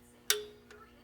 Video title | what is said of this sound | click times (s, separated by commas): How to replace an Oil pan gasket on a 1997 CR-V (first Gen) | Hear that? That little click? That was it. | 0.3 s